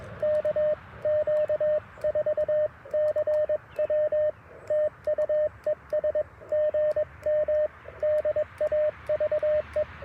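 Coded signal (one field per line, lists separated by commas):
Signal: Morse code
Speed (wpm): 22 wpm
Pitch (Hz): 610 Hz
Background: radio noise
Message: KQ4CW TU ES GM DAVE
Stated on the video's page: QRP POTA activation in a national forest using a Mountain Topper MTR4B V2 with an Alex Loop magnetic loop antenna, battery and solar powered.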